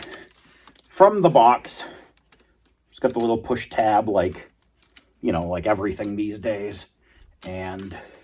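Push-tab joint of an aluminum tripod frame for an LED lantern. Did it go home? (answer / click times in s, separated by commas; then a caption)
no / none. Someone talks while handling the push-tab joint of an aluminum tripod frame for a Devos Light Ranger 800 LED camping lantern, connecting the tripod leg taken from the box. Faint short taps sound between phrases, but nothing has seated or clicked yet.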